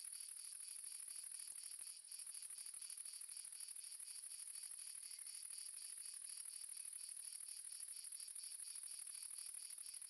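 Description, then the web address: Cricket chorus with rapid, regular pulsed chirps layered over a constant shrill trill that continues throughout. Several crickets, south of France. "sonniss gdc audio. amb crickets multiple south france"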